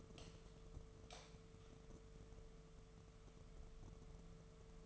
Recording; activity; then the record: daily activity, microphone in the room; light on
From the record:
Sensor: 4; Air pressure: 1015.4 hPa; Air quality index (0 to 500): 170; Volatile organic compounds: 7 ppm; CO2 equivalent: 1976 ppm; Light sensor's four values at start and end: 23/54/23/24 and 27/65/27/29